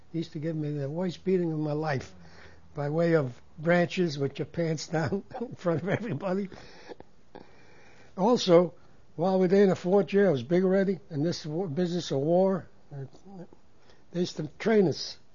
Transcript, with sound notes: used to give me the worst beating of my life, by way of branches with your pants down, in front of everybody, (he laughs) also while we were there in the fourth year, I was big already and this whole business of war, they used to train us